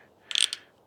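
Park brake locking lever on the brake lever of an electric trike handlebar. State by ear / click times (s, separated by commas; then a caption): seated / 0.4 s. A small red park brake locking lever on the brake lever of an electric trike's handlebar is flipped and the brake is squeezed. A quick burst of bright, ratchet-like clicks follows, with the lock catching at 0.4 s and 0.4 s and a fainter click after. The park brake locks into place.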